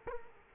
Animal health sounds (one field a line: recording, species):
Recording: mosquito wingbeat signal from an infrared sensor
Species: Culex quinquefasciatus